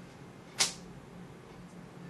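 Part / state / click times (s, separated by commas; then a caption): adrenaline auto-injector pressed against thigh / seated / 0.6 s. An adrenaline auto-injector trainer pen is swung against an outer thigh. It fires with a single sharp click at 0.6 s, and low background hum fills the rest of the clip. The pen clicks on firing as the tip hits the leg.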